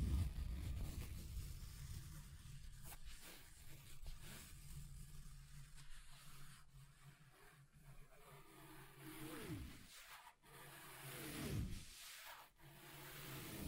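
Scratching across a table surface, a steady low rubbing hum with brief sharp scrapes and falling screechy sweeps near ten and twelve seconds.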